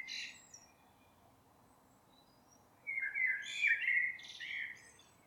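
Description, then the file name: Common blackbird: the squeaky end of one phrase, about two seconds of quiet, then a full rich warble rising into high twittering. "Turdus merula"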